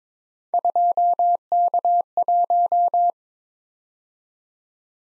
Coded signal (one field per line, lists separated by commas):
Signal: Morse code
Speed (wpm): 22 wpm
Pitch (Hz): 700 Hz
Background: none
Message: 2K1